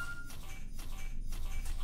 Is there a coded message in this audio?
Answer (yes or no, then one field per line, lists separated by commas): no